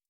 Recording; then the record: hydrophone in a shrimp aquaculture tank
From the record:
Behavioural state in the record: stressed